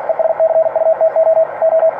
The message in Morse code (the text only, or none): ESCUTO O